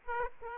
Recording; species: mosquito wingbeat signal from an infrared sensor; Aedes aegypti